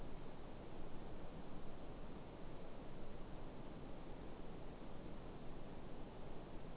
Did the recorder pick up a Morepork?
no